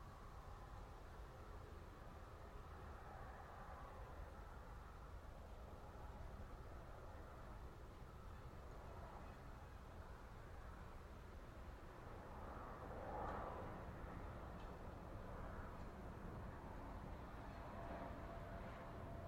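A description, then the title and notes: Wind rushes steadily across open country in a dense, low roar, with brighter gusts swelling briefly around thirteen seconds and again near sixteen. The dynamic and majestic sound of winds as they sweep across open fields, mountains, and forests.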